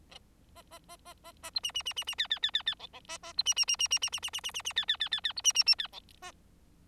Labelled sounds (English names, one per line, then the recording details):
Bengalese Finch song
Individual Bird4